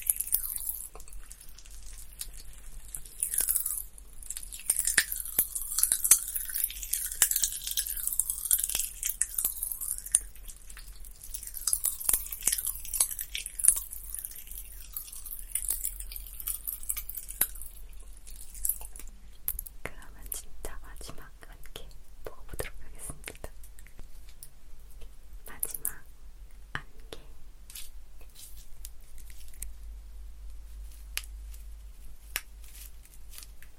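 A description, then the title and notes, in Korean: Popping candy is eaten, with dense crackling and fizzing snaps, brightest and busiest in the first half and easing after about 17 seconds into sparser clicks. Chewing sounds run throughout, and a low steady hum sits underneath the whole time. 톡톡톡 팝핑캔디 eating sound. 이번에는 소니 핀마이크로 가져왔어요.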